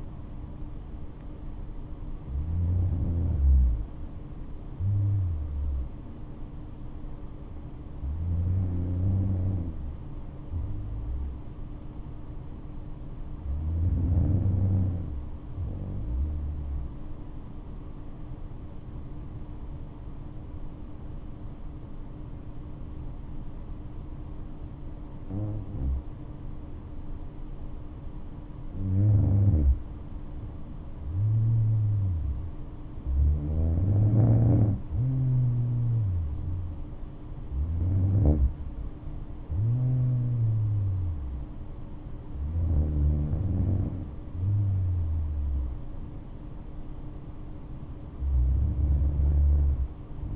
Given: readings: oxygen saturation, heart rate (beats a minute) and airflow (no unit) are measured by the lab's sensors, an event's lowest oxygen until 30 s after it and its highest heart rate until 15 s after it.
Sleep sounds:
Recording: breathing in sleep by a smartphone at the bedside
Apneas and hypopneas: 1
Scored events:
11.00-31.20 s: hypopnea (N2, oxygen 98% highest, then 93% lowest, heart rate 62 at the start, 69 highest)
From the record:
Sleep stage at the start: N2 (light sleep)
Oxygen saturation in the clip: 93 to 98%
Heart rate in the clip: 55 to 69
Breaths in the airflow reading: 9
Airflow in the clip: -7.0 to 10.4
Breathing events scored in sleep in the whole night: 228 in 5.4 hours asleep

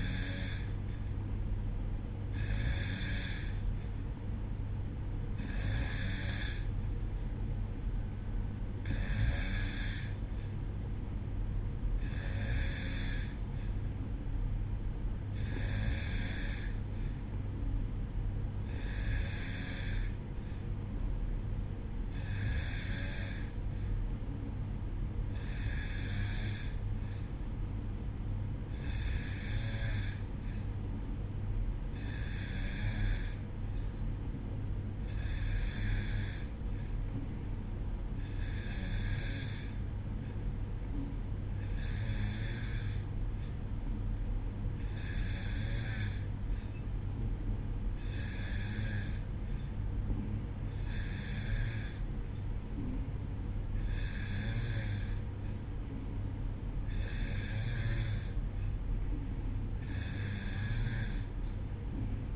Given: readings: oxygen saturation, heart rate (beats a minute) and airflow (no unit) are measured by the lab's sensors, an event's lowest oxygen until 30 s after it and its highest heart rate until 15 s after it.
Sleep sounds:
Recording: breathing in sleep by a smartphone at the bedside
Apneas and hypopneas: none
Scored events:
none scored
From the record:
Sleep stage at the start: N2 (light sleep)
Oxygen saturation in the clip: 92%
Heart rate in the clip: 61 to 64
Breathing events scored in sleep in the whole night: 305 in 9.6 hours asleep

